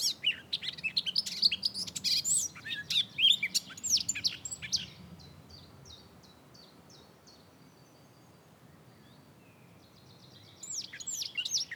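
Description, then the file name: Eurasian blackcap singing a fast, jumbled high warble for about four seconds, then a faint run of quick thin notes, before the warbling starts up again near the end. "Sylvia atricapilla"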